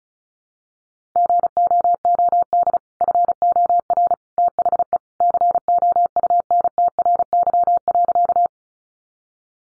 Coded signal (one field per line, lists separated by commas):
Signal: Morse code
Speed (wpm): 34 wpm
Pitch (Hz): 700 Hz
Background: none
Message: GOOD FOR THE COUNTRY.